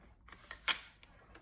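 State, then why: Not seated. A bolt carrier group is pushed into an AR-style rifle upper receiver with a no-go headspace gauge in the chamber. Short, light metallic clicks and scrapes are heard at about 0.3, 0.5, 1.0 and 1.4 seconds, with the loudest burst near 0.7 seconds. The carrier does not go fully forward and its tail sticks out of the receiver, so nothing has seated or clicked yet and the bolt does not lock, which is the expected result with a no-go gauge.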